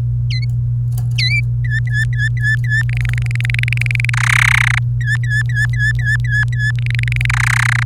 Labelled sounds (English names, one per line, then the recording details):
Domestic Canary song
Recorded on 28 April 2018 at 09:14
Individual llb3